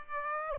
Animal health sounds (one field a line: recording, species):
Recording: mosquito wingbeat signal from an infrared sensor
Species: Aedes aegypti